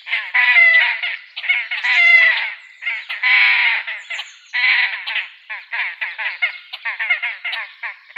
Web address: Schulze Peter Great Crested Grebe